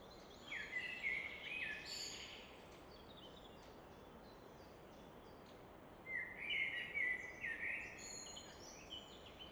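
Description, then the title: Common nightingale giving two short trilled phrases separated by a pause, somewhat faint against a strong steady rushing noise. Evening in Fläsch, Switzerland; rushing of the Rhine reflected off a rock face in the background; recorded with Fostex FR2 and MKH 800. "Fläsch, Schweiz - Abendstimmung Nachtigall"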